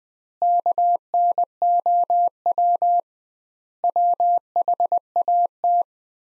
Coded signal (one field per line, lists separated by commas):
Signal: Morse code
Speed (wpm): 20 wpm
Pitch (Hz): 700 Hz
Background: none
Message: KNOW WHAT